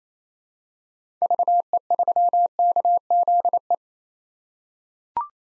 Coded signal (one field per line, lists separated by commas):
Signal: Morse code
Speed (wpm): 28 wpm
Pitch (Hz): 700 Hz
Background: none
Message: VE3KZE